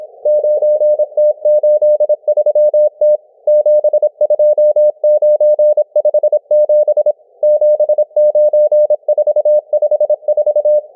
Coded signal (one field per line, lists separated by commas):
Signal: Morse code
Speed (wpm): 26 wpm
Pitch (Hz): 600 Hz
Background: none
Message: 9T83T 72957 79454